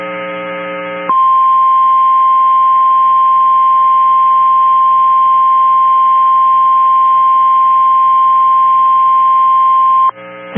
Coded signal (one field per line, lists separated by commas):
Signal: Emergency Alert System (SAME) tones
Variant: 1050 Hz attention tone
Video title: 5/30/22 - Severe Thunderstorm Warning on WXM28 (EAS #506)